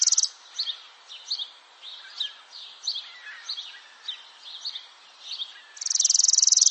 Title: burung gereja